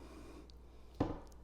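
The wooden alignment pegs of a cabinet panel are worked and lined up against the mating panel. A faint tick comes at about 0.5 s, a dull low thump at about 1.0 s, and another faint tick at about 1.3 s, all over a steady low hum. The pegs have not popped into place, and nothing has seated or clicked yet.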